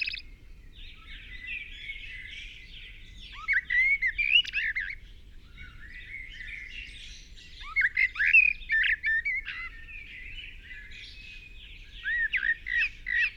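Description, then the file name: Common blackbird giving several bursts of chirpy, squeaky song notes separated by pauses, over a constant chorus of other birds. "Turdus merula"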